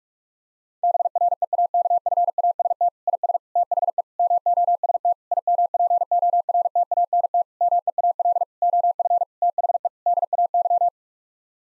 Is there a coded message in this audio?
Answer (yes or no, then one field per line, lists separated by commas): yes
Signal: Morse code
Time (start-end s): 0.8-10.9 s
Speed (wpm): 41 wpm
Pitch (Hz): 700 Hz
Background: none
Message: BREAKFAST IS THE MOST IMPORTANT MEAL OF THE DAY